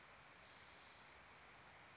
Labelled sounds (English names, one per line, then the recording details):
Spotted Towhee
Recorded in Sonoma County, California